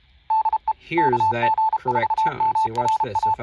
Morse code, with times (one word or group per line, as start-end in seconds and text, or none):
0.3-0.7 DE
1.0-3.3 KG4MRA